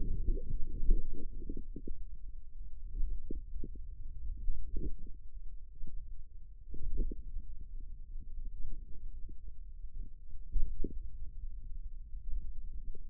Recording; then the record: forearm muscle sounds (acoustic myography)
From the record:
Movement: finger pinch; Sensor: system 2, bracelet of six BSWA MPA416 microphones around the upper forearm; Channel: 2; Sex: male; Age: 22 years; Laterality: right